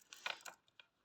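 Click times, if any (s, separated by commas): none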